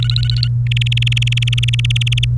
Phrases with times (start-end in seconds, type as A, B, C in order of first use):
0.03-0.47 A, 0.67-2.25 B